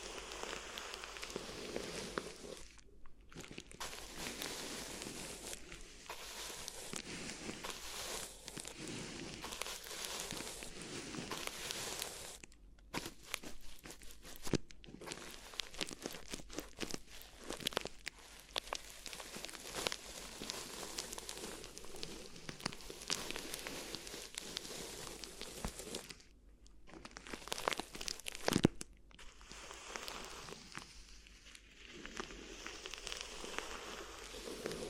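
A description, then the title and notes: Crinkly ear massage sounds: dense, fine crackling and rustling, mostly steady, with several brief silent gaps near 3, 13, 15 and 27 seconds. ASMR Addictive Crinkly Ear Massage (No Talking).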